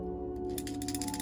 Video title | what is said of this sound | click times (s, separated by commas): Star Wars Micro Galaxy Squadron Luke Skywalker's X-Wing In Depth Unboxing & Review 2022 | guess it is what it is and oh that is that is nice hear that click | 0.6 s, 0.9 s, 1.0 s, 1.1 s, 1.2 s